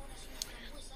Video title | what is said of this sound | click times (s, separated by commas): Compacto vertical Pioneer xd-z84t, no todo es reparable. | se queda enganchado el clip está bien pero | 0.4 s